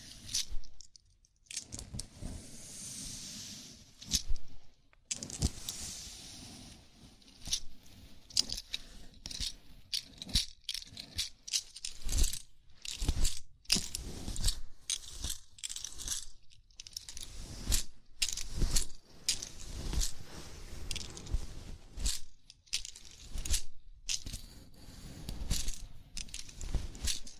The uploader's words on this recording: ASMR Sleepy Scalp Massage (No Talking).